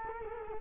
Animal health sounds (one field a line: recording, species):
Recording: mosquito wingbeat signal from an infrared sensor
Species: Culex quinquefasciatus